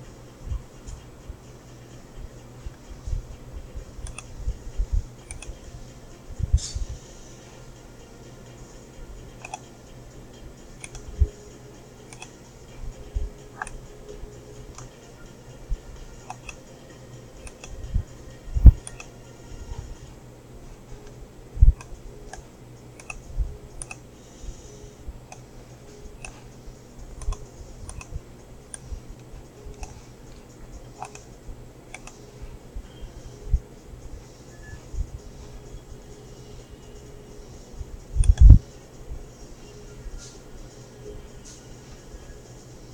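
Small mechanical clicks and taps from field stripping a derringer, scattered irregularly across the whole stretch with quiet gaps between them. A sharper, louder knock lands near the end. Underneath runs a faint steady low hum.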